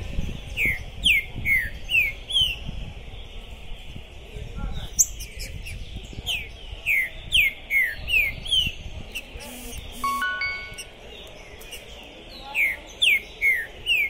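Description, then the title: Green-winged saltator singing long series of loud falling whistles, a pause with brief steady tones, then more whistles, with thin high chirps behind. Captive bird at a singing tournament entrance, warming up before a contest, chirping, singing and acting macho (macheando), described as 'possessed'; 2021; called a 'Pistoleiro' bird. "ESQUENTAR Seu TRINCA Piando, Cantando E Macheando Na DISPUTA. Esse TRINCA FERRO ficou POSSUÍDO na PORTA do TORNEIO! Trinca Ferro Pistoleiro 2021!"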